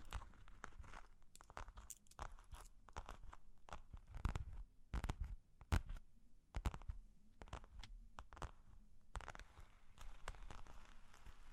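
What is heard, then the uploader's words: Long claws tap and scratch in an irregular run of sharp, crisp clicks, some crunchy and rasping. Hits come several per second with uneven gaps, loudest between about four and seven seconds, and a few short scraping bursts appear near the end. Long Claws Tapping and Scratching (No Talking).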